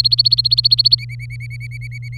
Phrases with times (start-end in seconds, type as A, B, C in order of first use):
0.00-0.95 A, 0.98-2.18 B